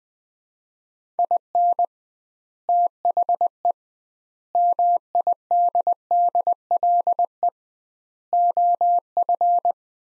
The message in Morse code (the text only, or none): IN THE MIDDLE OF